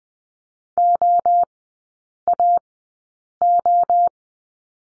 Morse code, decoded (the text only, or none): OAO